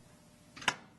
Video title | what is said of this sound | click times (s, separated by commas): ME250: Lathe 1 | the handle will pop when the collet is locked into place | 0.7 s